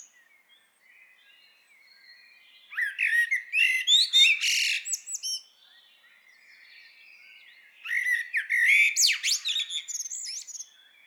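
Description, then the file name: Common blackbird singing two warbled phrases several seconds apart, each starting with mellow fluty notes and breaking into high, scratchy twittering; quiet pauses between. "Turdus merula"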